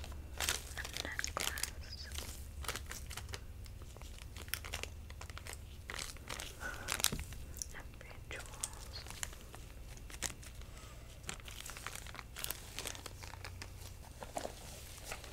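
Gloved hands handle and examine objects, producing a constant run of crinkling, rustling and small crunching sounds. Sharp bright clicks and snaps break through every second or so, with a louder snap near seven seconds, over a steady low hum.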